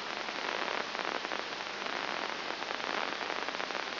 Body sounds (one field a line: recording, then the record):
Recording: brain microelectrode recording played as sound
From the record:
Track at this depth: inside the subthalamic nucleus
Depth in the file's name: 1.704 mm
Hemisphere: left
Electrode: 2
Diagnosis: Parkinson's disease